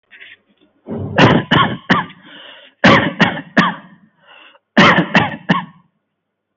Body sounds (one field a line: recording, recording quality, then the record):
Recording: shallow voluntary cough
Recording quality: excellent, no background noise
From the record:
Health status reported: healthy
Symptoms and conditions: none ticked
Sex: male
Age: 34 years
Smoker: not ticked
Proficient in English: yes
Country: India